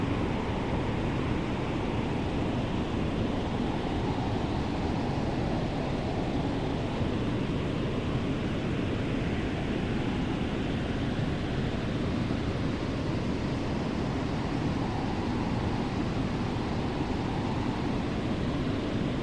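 A heater's steady whooshing hiss runs unbroken from start to finish, dense and even with a deep low rumble underneath. Level stays constant throughout, with only a faint, slow swell in the upper range like wind, and no distinct events.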